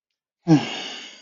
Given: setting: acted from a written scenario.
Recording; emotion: vocal sound without words; sadness